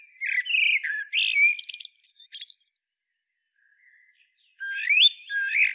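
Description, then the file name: Eurasian blackbird delivers a rich whistled phrase with squeaky high notes at its end, falls silent for about two seconds, then starts another mellow fluting phrase. "Turdus merula"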